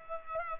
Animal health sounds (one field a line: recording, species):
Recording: mosquito wingbeat signal from an infrared sensor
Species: Culex pipiens